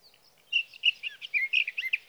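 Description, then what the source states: Sage thrasher song, a brief run of loud, quick, slurred notes over a soft background hiss. Male singing through the night near his night roost, three nights from the evening of June 12 to the morning of June 15, 2018, Sierra Valley, California; Swift recorder placed near roost.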